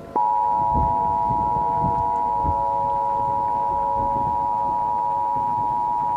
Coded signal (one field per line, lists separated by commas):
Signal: Emergency Alert System (SAME) tones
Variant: 853 and 960 Hz attention tone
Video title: "Monster" - A mini real time EAS Scenario